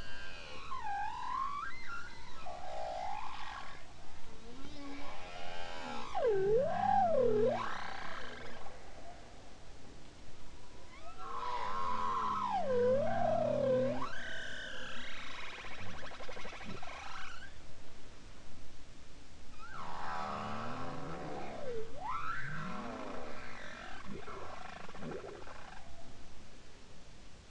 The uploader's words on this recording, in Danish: Grønlandshvalens sang 2. Lyd: Stafford, Lydersen, Wiig, Kovacs. Lydopptakene er del av studien Extreme diversity in the songs of Spitsbergen’s bowhead whales.